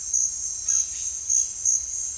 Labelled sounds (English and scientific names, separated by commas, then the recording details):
none
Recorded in secondary vegetation near Puerto Asís, Putumayo, Colombia, on 29 June 2025 at 16:00
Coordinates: 0.498, -76.327
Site GP09